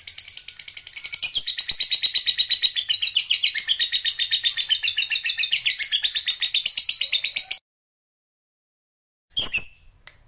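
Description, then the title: Lovebird song: a long, rapid run of buzzy, chattering high notes lasting about seven seconds, then silence and a brief sharp squeak near the end. Lovebird singing with spontaneous excitement, meant to rouse a lazy, quiet lovebird into song. "LOVEBIRD Malas Bunyi JADI GREGET SPONTAN Langsung NARIK"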